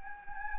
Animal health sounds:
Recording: mosquito wingbeat signal from an infrared sensor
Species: Anopheles gambiae

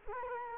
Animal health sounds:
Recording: mosquito wingbeat signal from an infrared sensor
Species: Culex quinquefasciatus

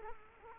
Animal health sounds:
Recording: mosquito wingbeat signal from an infrared sensor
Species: Culex quinquefasciatus

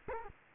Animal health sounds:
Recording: mosquito wingbeat signal from an infrared sensor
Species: Culex quinquefasciatus

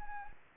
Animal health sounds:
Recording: mosquito wingbeat signal from an infrared sensor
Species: Anopheles arabiensis

